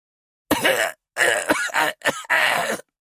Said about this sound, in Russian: Кашель схватил горло старика, заставив прекратить наблюдение.